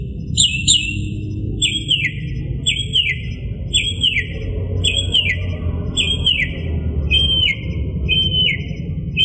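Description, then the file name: Northern mockingbird song of falling slurred whistles, repeated roughly once a second in a long steady series over faint low rumble. "kicauan-burung-northern-mockingbird -omkicau"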